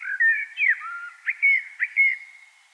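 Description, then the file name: Common blackbird singing one continuous mellow, fluted phrase of slurred whistles and short upswept notes, fading softly at the end. "Turdus merula"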